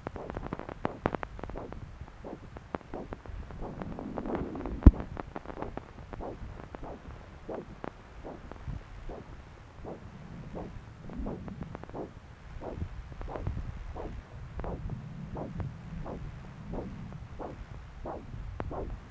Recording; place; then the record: Doppler ultrasound of blood flow; right subclavian vein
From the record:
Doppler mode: continuous wave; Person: adult scuba diver, at rest before a dive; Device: O'Dive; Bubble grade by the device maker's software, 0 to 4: 0